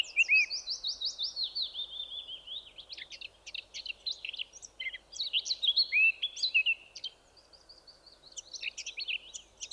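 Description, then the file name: Eurasian blackcap song opening with a series of descending whistled slurs, followed by varied clicky, chattering warbles and brief pauses. "Sylvia atricapilla"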